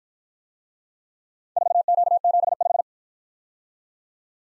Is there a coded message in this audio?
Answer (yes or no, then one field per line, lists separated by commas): yes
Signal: Morse code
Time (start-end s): 1.6-2.8 s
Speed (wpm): 52 wpm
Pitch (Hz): 700 Hz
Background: none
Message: 4Q75